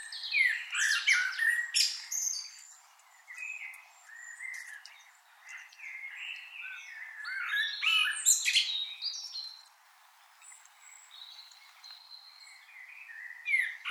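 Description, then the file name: Common blackbird singing almost continuously, fluty warbling notes mixed with thin high squeaks and twittering flourishes, with a quieter stretch near the end. "Turdus merula"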